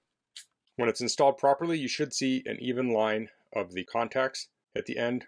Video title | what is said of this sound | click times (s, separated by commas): PELADN WO4 Mini PC RAM Upgrade | until that pops up | 0.4 s